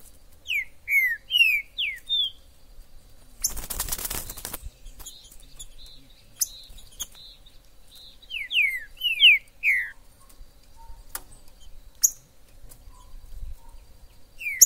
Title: Esse VÍDEO de TRINCA FERRO no MATO vai DEIXAR seu TRINCA LOUCO!! Trinca ferro MAJOR no MATO!!